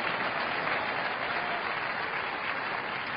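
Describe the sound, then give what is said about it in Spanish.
An audience applauding the Lord during a sermon by Yiye Avila, a dense, continuous wash of many hands clapping at even loudness for the whole stretch, with no voices standing out. “Aplauda a Cristo y alabe a Cristo y adore a Cristo.”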